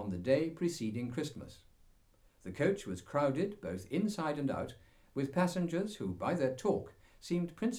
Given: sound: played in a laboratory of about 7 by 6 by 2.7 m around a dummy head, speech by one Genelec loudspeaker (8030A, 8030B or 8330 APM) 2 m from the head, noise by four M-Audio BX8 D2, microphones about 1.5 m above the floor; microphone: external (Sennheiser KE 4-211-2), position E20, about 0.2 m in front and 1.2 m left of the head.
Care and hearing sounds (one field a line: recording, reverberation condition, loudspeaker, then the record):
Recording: male speech in English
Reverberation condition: low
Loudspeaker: 30 degrees to the left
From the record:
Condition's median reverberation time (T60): about 310 ms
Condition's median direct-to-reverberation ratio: about 3.5 dB